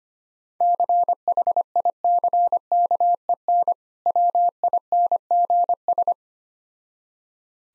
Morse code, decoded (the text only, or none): CHICKEN WINGS